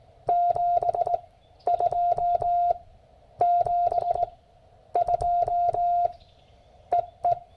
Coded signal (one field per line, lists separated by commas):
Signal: Morse code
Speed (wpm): 18 wpm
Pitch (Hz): 700 Hz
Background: none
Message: 72 72 EE